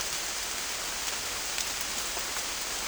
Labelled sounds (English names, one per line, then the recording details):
none
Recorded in secondary vegetation near Puerto Asís, Putumayo, Colombia, on 21 December 2024 at 10:30
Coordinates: 0.484, -76.319
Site GP06